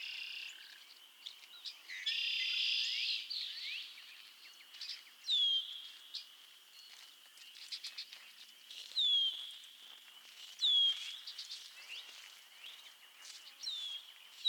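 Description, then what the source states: Chorus of frogs with clear falling whistled peeps every few seconds, an early buzzy trill and a steady high chorus behind. Chorus of frogs calling to one another on a summer evening at Miners Marsh, Annapolis Valley, Nova Scotia.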